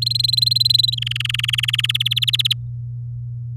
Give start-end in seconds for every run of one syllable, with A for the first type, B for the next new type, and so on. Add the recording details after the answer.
0.02-0.95 A, 0.97-1.97 B, 2.00-2.53 C. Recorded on 8 May 2018 at 07:37. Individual llb16